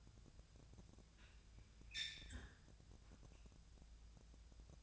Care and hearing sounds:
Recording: daily activity, microphone in the room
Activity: close fridge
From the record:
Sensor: 2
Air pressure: 999.9 hPa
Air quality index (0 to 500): 122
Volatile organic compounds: 2 ppm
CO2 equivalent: 1051 ppm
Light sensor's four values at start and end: 31/77/33/36 and 31/77/33/36

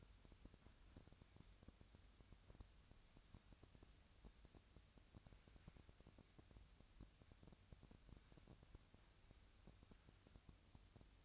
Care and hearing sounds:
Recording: daily activity, microphone in the room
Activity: wipe stove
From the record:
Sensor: 2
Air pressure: 1003.2 hPa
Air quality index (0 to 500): 201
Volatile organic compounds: 6 ppm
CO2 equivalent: 1915 ppm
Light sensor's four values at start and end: 8/18/7/8 and 8/18/8/8

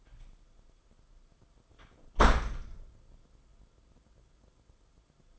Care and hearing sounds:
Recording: daily activity, microphone in the room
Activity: close door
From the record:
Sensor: 5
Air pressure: 994.4 hPa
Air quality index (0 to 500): 186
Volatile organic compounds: 1000 ppm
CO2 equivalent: 5496 ppm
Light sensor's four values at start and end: 14/36/14/16 and 12/31/12/14

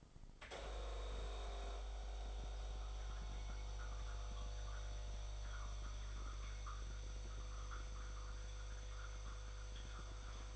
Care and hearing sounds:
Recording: daily activity, microphone in the room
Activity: make coffee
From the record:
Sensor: 5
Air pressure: 995.3 hPa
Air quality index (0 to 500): 97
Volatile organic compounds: 6 ppm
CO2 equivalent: 1840 ppm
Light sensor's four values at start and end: 27/65/26/26 and 27/66/26/27

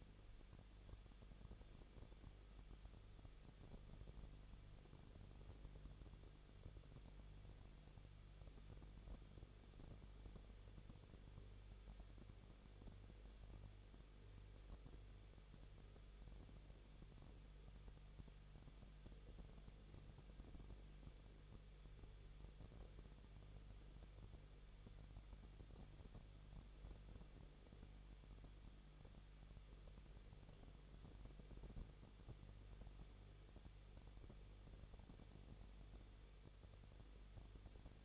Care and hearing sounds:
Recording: daily activity, microphone in the room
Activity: no activity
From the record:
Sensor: 4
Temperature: 23.1 degrees Celsius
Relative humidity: 34.1%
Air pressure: 1007.2 hPa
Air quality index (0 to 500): 215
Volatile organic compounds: 15 ppm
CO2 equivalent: 2487 ppm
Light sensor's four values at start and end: 2/3/1/1 and 2/3/1/1

